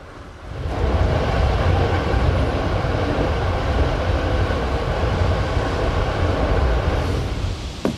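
A sleeper train rolls steadily along the rails, a continuous low rumble with faint rhythmic clatter that swells in after a quiet start and holds for several seconds, with no voices.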